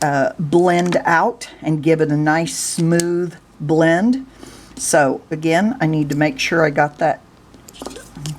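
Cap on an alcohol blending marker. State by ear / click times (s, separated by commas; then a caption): seated / 8.3 s. Someone talks while pushing the plastic cap down onto an alcohol blending marker. Faint ticks are followed by a sharp snap at 8.3 s, and the cap turns out to be already snapped home and seated.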